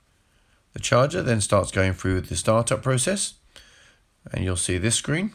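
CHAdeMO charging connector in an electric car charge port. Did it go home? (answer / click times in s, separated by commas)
no / none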